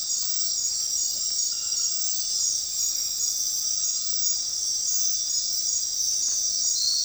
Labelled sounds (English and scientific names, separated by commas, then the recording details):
none
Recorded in dense forest near Puerto Asís, Putumayo, Colombia, on 20 February 2024 at 23:00
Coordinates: 0.500, -76.322
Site G6465